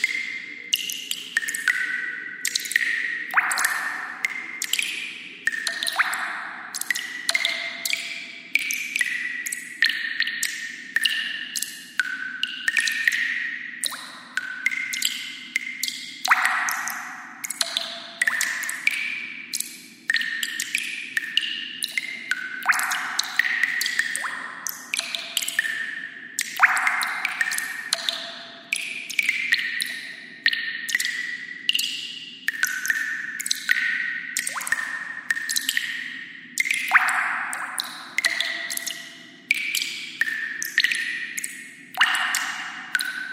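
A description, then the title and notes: Water drops fall from a ceiling in a steady, irregular patter, two or three each second, each a bright plinking note that rings and fades with a cave-like echo. A soft, constant low hum runs underneath throughout. Exploring a Cave: Serene Sounds of Dripping Water and Echoes. Hear the gentle drops of water falling from the ceiling. This episode features only natural soundscapes with no dialogue or voice.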